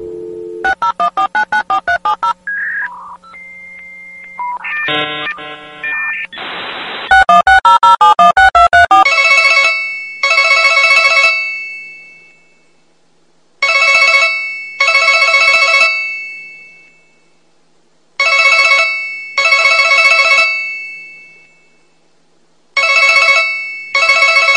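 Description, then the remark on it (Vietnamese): A quick run of phone keypad beeps and tones, then an outgoing call rings: loud, bright double rings repeating at steady intervals, with no one speaking. “Rồi cô bấm số gọi vào máy của Dục Chu.”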